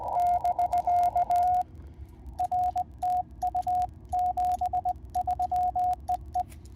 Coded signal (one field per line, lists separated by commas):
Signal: Morse code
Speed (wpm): 19 wpm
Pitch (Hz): 720 Hz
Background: radio noise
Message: <BK> R TU 73 EE